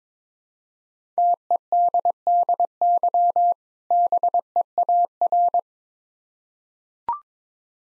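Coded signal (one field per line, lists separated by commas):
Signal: Morse code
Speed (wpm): 22 wpm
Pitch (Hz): 700 Hz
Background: none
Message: TEDDY BEAR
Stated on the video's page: Morse code practice set at 22 wpm: difficult words sent with contextual hints for copying practice.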